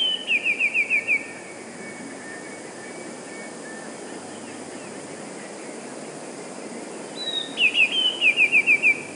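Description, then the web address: Eurasian blue tit song, two phrases each opening with a thin high note and running into a quick series of several descending notes, with a quiet pause between them. "wroblowe teka 2 spiew. wroblowe teka modraszkoteka"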